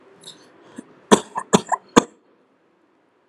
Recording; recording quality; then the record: shallow voluntary cough; excellent, no background noise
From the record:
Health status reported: healthy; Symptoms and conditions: none ticked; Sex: male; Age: 32 years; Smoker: not ticked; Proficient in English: yes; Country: India